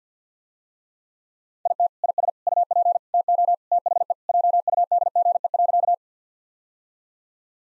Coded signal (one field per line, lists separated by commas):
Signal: Morse code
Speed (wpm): 50 wpm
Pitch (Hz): 700 Hz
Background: none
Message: IT IS UP TO THE JUDGE.